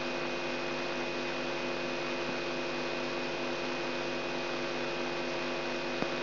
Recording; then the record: brain microelectrode recording played as sound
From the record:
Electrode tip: outside the subthalamic nucleus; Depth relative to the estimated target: -9.3 mm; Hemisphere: right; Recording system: AlphaMap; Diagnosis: Parkinson's disease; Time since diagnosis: 17 years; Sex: female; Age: 63 years